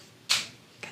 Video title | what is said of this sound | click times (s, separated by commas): How to Sew These Adorable 3-D YoYo Pumpkins | and you hear it snap at each of those points okay | 0.3 s, 0.8 s